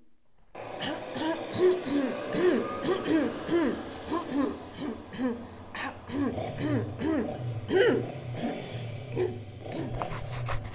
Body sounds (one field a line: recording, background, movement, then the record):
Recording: throat clearing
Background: traffic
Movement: sitting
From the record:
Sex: female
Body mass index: 21.8 kg/m2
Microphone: on the chest, facing outward